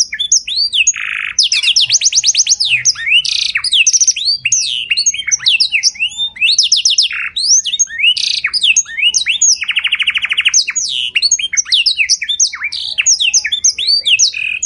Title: Canto Para Esquentar Canário Belga. Suara Burung Kenari Putih Ngeroll Mantap Nembak Panjang! Cengkok Mewah Beda Dari Kenari Lain